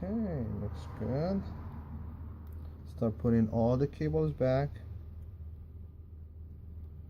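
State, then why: Not seated. A man talks while reassembling a ZTE Z828 smartphone, reconnecting its internal flex cables to the motherboard, with a steady low hum underneath. The flex cable connector has not yet snapped into the motherboard socket; nothing has seated or clicked by the end of the clip.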